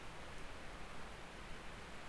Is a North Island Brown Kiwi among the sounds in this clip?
no